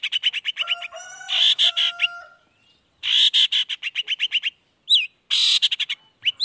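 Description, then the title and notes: Long-tailed shrike singing fast repeated clipped notes, interrupted by buzzy nasal phrases and a few whistled notes. Singing actively in the morning, with a varied repertoire including 'toet toet' notes; played to provoke other long-tailed shrikes into responding. "Cendet Gacor Dor Di Kala Pagi Toet Toet Variasi Suara. Cendet Gacor Langsung Nyaut Emosi Hanya dengan Sekali Putar Bikin Cendet Lainya Cepat Respon Bunyi. Burung cendet"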